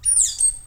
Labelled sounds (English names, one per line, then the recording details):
Stitchbird song
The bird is a male
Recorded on Tiritiri Matangi Island, New Zealand, in 2005
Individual 11, of nest box 13